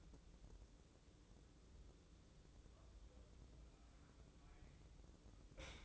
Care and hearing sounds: daily activity, microphone in the room; wipe stove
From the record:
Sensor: 3

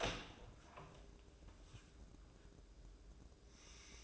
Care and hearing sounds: daily activity, microphone in the room; open door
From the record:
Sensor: 2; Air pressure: 1012.1 hPa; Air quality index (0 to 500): 162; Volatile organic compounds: 2 ppm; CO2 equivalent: 1181 ppm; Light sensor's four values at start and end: 367/914/371/388 and 360/896/364/380

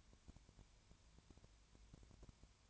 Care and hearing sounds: daily activity, microphone in the room; no activity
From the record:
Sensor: 2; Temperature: 20.3 degrees Celsius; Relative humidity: 33.8%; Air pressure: 1003.2 hPa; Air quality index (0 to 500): 82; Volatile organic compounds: 1 ppm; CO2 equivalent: 782 ppm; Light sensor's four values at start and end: 2/3/2/2 and 2/3/2/2

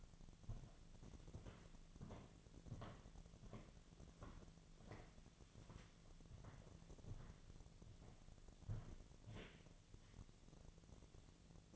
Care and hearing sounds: daily activity, microphone in the room; walk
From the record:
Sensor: 4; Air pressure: 1009.0 hPa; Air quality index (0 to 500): 169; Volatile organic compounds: 4 ppm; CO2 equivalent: 1698 ppm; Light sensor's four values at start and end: 24/74/28/27 and 24/74/28/27

